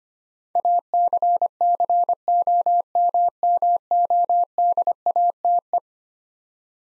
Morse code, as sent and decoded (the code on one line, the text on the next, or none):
.- -.-. -.-. --- -- -- --- -.. .- - .
ACCOMMODATE